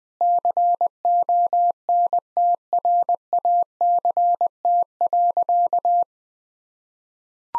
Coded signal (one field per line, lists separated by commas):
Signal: Morse code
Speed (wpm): 20 wpm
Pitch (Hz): 700 Hz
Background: none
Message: CONTRACT.